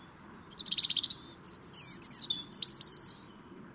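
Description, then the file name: European robin song: a fast stuttering trill opens, then a tumbling run of very high, thin whistles and twitters, with steady low background noise. "Erithacus rubecula"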